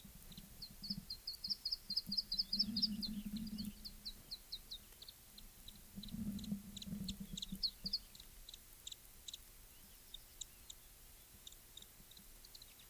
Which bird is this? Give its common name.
Iberian Chiffchaff